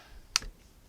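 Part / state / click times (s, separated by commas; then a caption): allen wrench into rifle buttstock storage slot / seated / 0.4 s. An allen wrench is pushed back into its storage slot in a polymer rifle buttstock after the stock is adjusted. A single sharp click at 0.4 s marks it snapping into place, followed by a faint softer tap and then quiet. The wrench is seated in the stock.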